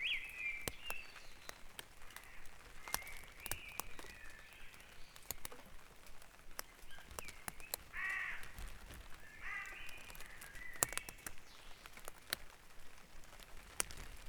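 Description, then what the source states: Birds singing in a dawn chorus, warbled and whistled phrases around mid pitch, with many sharp clicks and ticks like dripping throughout. Dawn chorus recorded at Back Dragon Avenue, Harrogate, as part of a sound map of Harrogate.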